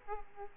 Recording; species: mosquito wingbeat signal from an infrared sensor; Aedes aegypti